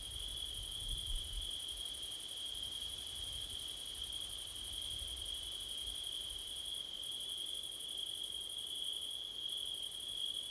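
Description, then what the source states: Crickets trilling continuously at high pitch, a dense layered chorus, with soft low wind rumble surging underneath at the start. Crickets at night in September, with wind; recorded with a Blumlein stereo microphone pair.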